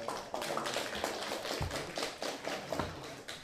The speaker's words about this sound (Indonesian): Terima kasih dulu buat tepuk tangan buat